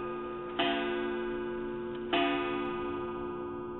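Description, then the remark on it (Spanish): A wall clock in a living room chimes at midnight, two resonant strikes about a second and a half apart, each ringing on with a sustained, slowly fading metallic tone over a steady background hum. “Como si sus pensamientos hubieran tenido la fuerza de un conjuro, el reloj de pared de la sala dejó escapar 12 campanadas que llegaron a los oídos de Moisés, distorsionadas y más lúgubres que de ordinario.”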